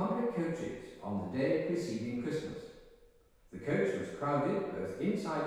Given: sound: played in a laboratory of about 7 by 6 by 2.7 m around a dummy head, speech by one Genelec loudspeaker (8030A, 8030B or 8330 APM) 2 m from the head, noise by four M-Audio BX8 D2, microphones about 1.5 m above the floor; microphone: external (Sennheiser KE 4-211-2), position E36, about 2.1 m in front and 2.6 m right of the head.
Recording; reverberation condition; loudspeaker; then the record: male speech in English; high; 30 degrees to the left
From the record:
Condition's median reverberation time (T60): about 1300 ms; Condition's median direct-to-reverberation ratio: about -4.0 dB